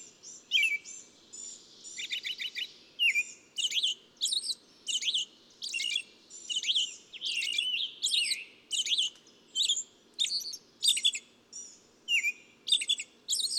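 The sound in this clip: Bird song: steady stream of high chirps and trilled twittering notes, with faint low hum behind.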